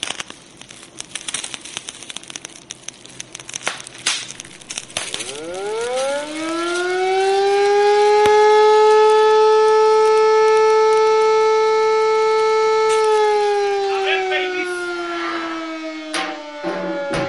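After a few seconds of crackling noise, a loud siren winds up in pitch, holds a steady droning wail rich in harmonics, then slowly begins to fall away.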